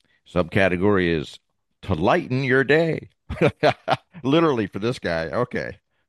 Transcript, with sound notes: Subcategory is To Lighten Your Day. (laughs) Literally, for this guy,